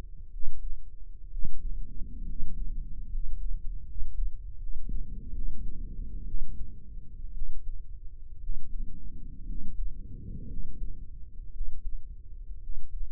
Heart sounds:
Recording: heart sounds by microphone in the right ear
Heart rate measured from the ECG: 63 bpm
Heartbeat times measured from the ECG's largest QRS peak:
0.28 s: heartbeat
1.27 s: heartbeat
2.23 s: heartbeat
3.06 s: heartbeat
3.83 s: heartbeat
4.56 s: heartbeat
5.31 s: heartbeat
6.23 s: heartbeat
7.31 s: heartbeat
8.38 s: heartbeat
9.43 s: heartbeat
10.45 s: heartbeat
11.49 s: heartbeat
12.58 s: heartbeat
From the record:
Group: healthy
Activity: rest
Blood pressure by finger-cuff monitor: 122/71 mmHg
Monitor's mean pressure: 87 mmHg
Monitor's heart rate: 60 bpm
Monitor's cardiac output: 7 L/min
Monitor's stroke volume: 113 mL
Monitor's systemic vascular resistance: 870 dyn s/cm5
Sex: male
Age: 23 years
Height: 178 cm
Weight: 96.6 kg

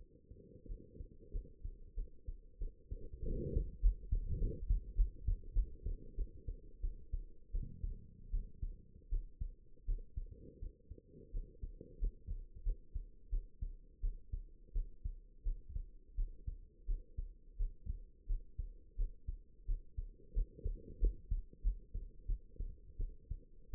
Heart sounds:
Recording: heart sounds by stethoscope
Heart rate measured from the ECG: 89 bpm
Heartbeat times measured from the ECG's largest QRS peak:
0.67 s: heartbeat
1.32 s: heartbeat
1.95 s: heartbeat
2.59 s: heartbeat
3.24 s: heartbeat
3.81 s: heartbeat
4.39 s: heartbeat
4.96 s: heartbeat
5.54 s: heartbeat
6.16 s: heartbeat
6.82 s: heartbeat
7.52 s: heartbeat
8.31 s: heartbeat
9.10 s: heartbeat
9.86 s: heartbeat
10.60 s: heartbeat
11.32 s: heartbeat
11.99 s: heartbeat
12.64 s: heartbeat
13.30 s: heartbeat
14.01 s: heartbeat
14.73 s: heartbeat
15.44 s: heartbeat
16.16 s: heartbeat
16.87 s: heartbeat
17.58 s: heartbeat
18.27 s: heartbeat
18.97 s: heartbeat
19.66 s: heartbeat
20.34 s: heartbeat
21.00 s: heartbeat
21.62 s: heartbeat
22.27 s: heartbeat
22.98 s: heartbeat
23.71 s: heartbeat
From the record:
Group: healthy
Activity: rest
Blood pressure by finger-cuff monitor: 95/54 mmHg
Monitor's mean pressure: 71 mmHg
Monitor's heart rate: 87 bpm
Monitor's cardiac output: 8.6 L/min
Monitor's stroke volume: 98 mL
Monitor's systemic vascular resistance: 590 dyn s/cm5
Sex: female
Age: 22 years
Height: 161 cm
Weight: 65.5 kg

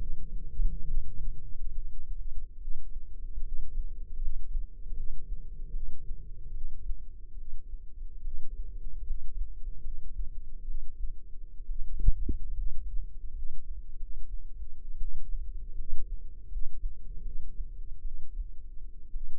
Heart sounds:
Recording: heart sounds by microphone in the left ear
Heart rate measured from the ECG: 72 bpm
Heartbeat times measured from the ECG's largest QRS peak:
0.84 s: heartbeat
1.72 s: heartbeat
2.57 s: heartbeat
3.41 s: heartbeat
4.18 s: heartbeat
4.93 s: heartbeat
5.70 s: heartbeat
6.50 s: heartbeat
7.34 s: heartbeat
8.21 s: heartbeat
9.03 s: heartbeat
9.80 s: heartbeat
10.64 s: heartbeat
11.65 s: heartbeat
12.53 s: heartbeat
13.32 s: heartbeat
13.96 s: heartbeat
14.97 s: heartbeat
15.74 s: heartbeat
16.48 s: heartbeat
17.21 s: heartbeat
18.01 s: heartbeat
19.11 s: heartbeat
From the record:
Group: healthy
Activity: cold pressor test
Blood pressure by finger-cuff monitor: 152/94 mmHg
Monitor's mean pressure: 109 mmHg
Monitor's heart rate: 74 bpm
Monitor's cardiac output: 6.4 L/min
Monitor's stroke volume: 89 mL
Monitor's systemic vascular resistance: 1250 dyn s/cm5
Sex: female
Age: 22 years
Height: 171 cm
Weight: 65.6 kg

